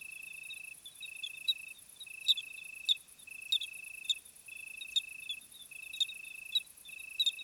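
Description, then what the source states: Cricket song: pulsed trills lasting about a second, separated by brief pauses, over a continuous high-pitched insect chorus with occasional ticking clicks. Summer night chorus, 26 July 2020 at 21:15, Plateau de Lesches-en-Diois; hot night; recorded with Nagra Seven and B&K omni microphone.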